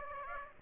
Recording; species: mosquito wingbeat signal from an infrared sensor; Aedes aegypti